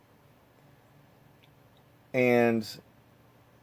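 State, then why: Not seated. The plastic rear window louver of a snap-fit AMT 1979 Pontiac Firebird model car body is handled as it is about to be pressed up from the inside, a fitting that proved fiddly. Quiet handling noise carries a faint tick near 1.4 s, then someone talks briefly. Nothing has seated or clicked yet.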